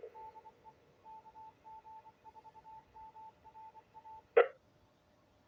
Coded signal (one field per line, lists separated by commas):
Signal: Morse code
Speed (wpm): 24 wpm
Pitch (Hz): 880 Hz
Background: none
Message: DE KG4MRA E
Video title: New Hams ragchew Net September 29th 2025